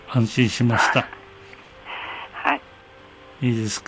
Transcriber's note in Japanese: ため息